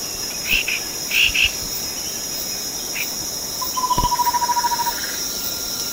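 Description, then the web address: Chestnut-winged babbler call: a fast, even series of low hollow notes lasting about a second, with constant loud insect buzzing and a few brief chirps. Sepilok, Borneo, 6 August 2009. "SEPILOK 20090806. chestnut-winged babbler"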